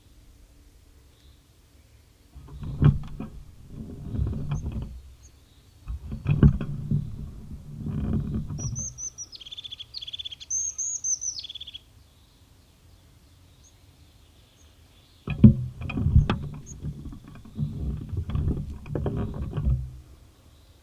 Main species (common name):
European Crested Tit